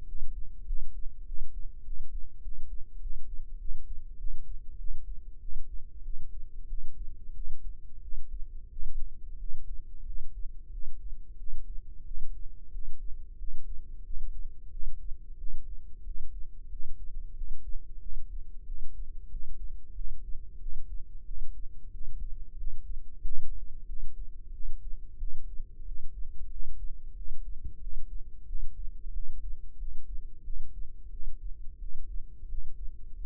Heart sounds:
heart sounds by microphone in the left ear; 92 bpm
0.05 s: heartbeat
0.65 s: heartbeat
1.24 s: heartbeat
1.83 s: heartbeat
2.41 s: heartbeat
2.99 s: heartbeat
3.57 s: heartbeat
4.16 s: heartbeat
4.76 s: heartbeat
5.39 s: heartbeat
6.02 s: heartbeat
6.66 s: heartbeat
7.33 s: heartbeat
8.00 s: heartbeat
8.69 s: heartbeat
9.37 s: heartbeat
10.04 s: heartbeat
10.70 s: heartbeat
11.36 s: heartbeat
12.03 s: heartbeat
12.70 s: heartbeat
13.36 s: heartbeat
14.03 s: heartbeat
14.69 s: heartbeat
15.36 s: heartbeat
16.03 s: heartbeat
16.68 s: heartbeat
17.33 s: heartbeat
17.99 s: heartbeat
18.64 s: heartbeat
19.28 s: heartbeat
19.93 s: heartbeat
20.58 s: heartbeat
21.23 s: heartbeat
21.90 s: heartbeat
22.55 s: heartbeat
23.20 s: heartbeat
23.85 s: heartbeat
24.50 s: heartbeat
25.17 s: heartbeat
25.83 s: heartbeat
26.48 s: heartbeat
27.14 s: heartbeat
27.79 s: heartbeat
28.45 s: heartbeat
29.11 s: heartbeat
29.76 s: heartbeat
30.42 s: heartbeat
31.09 s: heartbeat
31.78 s: heartbeat
32.46 s: heartbeat
33.14 s: heartbeat
From the record:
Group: healthy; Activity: rest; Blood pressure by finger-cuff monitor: 103/72 mmHg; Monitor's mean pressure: 81 mmHg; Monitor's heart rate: 92 bpm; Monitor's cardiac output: 7.3 L/min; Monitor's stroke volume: 79 mL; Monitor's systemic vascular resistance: 820 dyn s/cm5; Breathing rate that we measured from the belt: 18 breaths a minute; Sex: male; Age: 19 years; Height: 178 cm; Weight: 83 kg

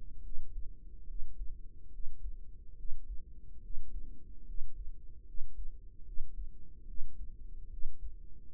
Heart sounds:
heart sounds by microphone in the right ear; 72 bpm
0.20 s: heartbeat
1.04 s: heartbeat
1.89 s: heartbeat
2.74 s: heartbeat
3.59 s: heartbeat
4.43 s: heartbeat
5.23 s: heartbeat
6.02 s: heartbeat
6.84 s: heartbeat
7.67 s: heartbeat
8.50 s: heartbeat
From the record:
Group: healthy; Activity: rest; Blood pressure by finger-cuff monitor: 110/55 mmHg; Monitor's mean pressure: 70 mmHg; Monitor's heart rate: 71 bpm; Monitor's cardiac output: 5.9 L/min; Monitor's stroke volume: 80 mL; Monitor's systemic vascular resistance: 860 dyn s/cm5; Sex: female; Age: 32 years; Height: 168 cm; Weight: 61.9 kg

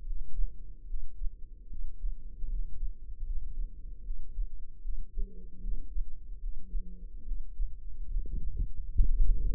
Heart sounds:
heart sounds by microphone in the left ear; 74 bpm
0.04 s: heartbeat
0.85 s: heartbeat
1.67 s: heartbeat
2.47 s: heartbeat
3.24 s: heartbeat
4.02 s: heartbeat
4.80 s: heartbeat
5.59 s: heartbeat
6.39 s: heartbeat
7.23 s: heartbeat
8.07 s: heartbeat
8.90 s: heartbeat
From the record:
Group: healthy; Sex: female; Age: 32 years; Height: 172 cm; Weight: 71.7 kg

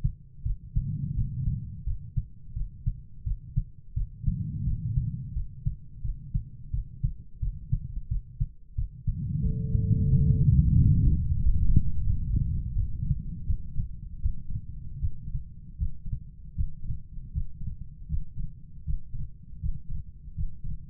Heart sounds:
heart sounds by stethoscope; 84 bpm
0.43 s: heartbeat
1.14 s: heartbeat
1.83 s: heartbeat
2.53 s: heartbeat
3.23 s: heartbeat
3.93 s: heartbeat
4.64 s: heartbeat
5.33 s: heartbeat
6.01 s: heartbeat
6.70 s: heartbeat
7.39 s: heartbeat
8.08 s: heartbeat
8.75 s: heartbeat
9.42 s: heartbeat
10.08 s: heartbeat
10.73 s: heartbeat
11.37 s: heartbeat
12.03 s: heartbeat
12.72 s: heartbeat
13.44 s: heartbeat
14.20 s: heartbeat
14.98 s: heartbeat
15.76 s: heartbeat
16.54 s: heartbeat
17.31 s: heartbeat
18.07 s: heartbeat
18.83 s: heartbeat
19.59 s: heartbeat
20.33 s: heartbeat
From the record:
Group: healthy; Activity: rest 0-11 s, Valsalva maneuver 11-21 s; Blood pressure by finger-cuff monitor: 106/61 mmHg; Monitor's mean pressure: 76 mmHg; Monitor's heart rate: 86 bpm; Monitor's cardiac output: 6.7 L/min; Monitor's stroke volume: 77 mL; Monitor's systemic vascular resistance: 820 dyn s/cm5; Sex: female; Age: 43 years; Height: 160 cm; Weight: 90 kg

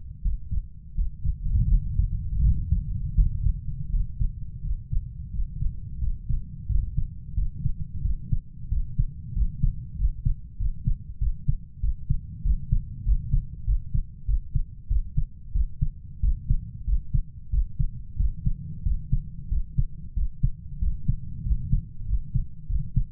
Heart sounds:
heart sounds by stethoscope; 91 bpm
0.24 s: heartbeat
0.97 s: heartbeat
1.70 s: heartbeat
2.43 s: heartbeat
3.17 s: heartbeat
3.92 s: heartbeat
4.64 s: heartbeat
5.33 s: heartbeat
6.01 s: heartbeat
6.69 s: heartbeat
7.37 s: heartbeat
8.04 s: heartbeat
8.71 s: heartbeat
9.36 s: heartbeat
9.99 s: heartbeat
10.60 s: heartbeat
11.21 s: heartbeat
11.83 s: heartbeat
12.45 s: heartbeat
13.06 s: heartbeat
13.67 s: heartbeat
14.28 s: heartbeat
14.90 s: heartbeat
15.55 s: heartbeat
16.23 s: heartbeat
16.87 s: heartbeat
17.53 s: heartbeat
18.19 s: heartbeat
18.86 s: heartbeat
19.51 s: heartbeat
20.17 s: heartbeat
20.82 s: heartbeat
21.46 s: heartbeat
22.08 s: heartbeat
22.70 s: heartbeat
From the record:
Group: healthy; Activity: breath hold 0-3 s, rest 3-23 s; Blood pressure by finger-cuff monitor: 132/73 mmHg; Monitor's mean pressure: 90 mmHg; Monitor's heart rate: 90 bpm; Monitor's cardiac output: 8 L/min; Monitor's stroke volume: 84 mL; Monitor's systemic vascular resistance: 850 dyn s/cm5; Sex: male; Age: 21 years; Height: 175 cm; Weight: 72.6 kg

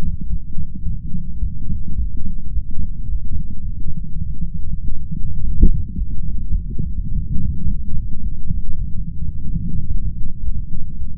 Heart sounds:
heart sounds by stethoscope; 106 bpm
0.28 s: heartbeat
0.84 s: heartbeat
1.40 s: heartbeat
1.96 s: heartbeat
2.53 s: heartbeat
3.10 s: heartbeat
3.67 s: heartbeat
4.24 s: heartbeat
4.82 s: heartbeat
5.39 s: heartbeat
5.96 s: heartbeat
6.53 s: heartbeat
7.09 s: heartbeat
7.65 s: heartbeat
8.21 s: heartbeat
8.77 s: heartbeat
9.33 s: heartbeat
9.88 s: heartbeat
10.44 s: heartbeat
10.99 s: heartbeat
From the record:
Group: healthy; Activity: light exercise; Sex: male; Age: 35 years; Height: 180 cm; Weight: 86.9 kg

